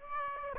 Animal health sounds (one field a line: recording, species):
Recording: mosquito wingbeat signal from an infrared sensor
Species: Aedes aegypti